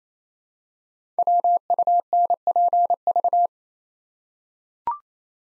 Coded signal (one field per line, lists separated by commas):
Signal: Morse code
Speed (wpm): 28 wpm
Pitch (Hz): 700 Hz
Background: none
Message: WUNPV